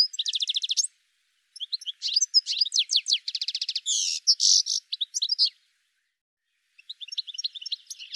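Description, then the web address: Bird calling with rapid high chirps and buzzy trilled bursts in quick runs, a short pause, then a dense chattering phrase, silence, and a softer twittering series at the end. "cianscape birddata"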